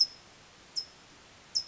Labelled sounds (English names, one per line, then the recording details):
California Towhee
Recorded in Sonoma County, California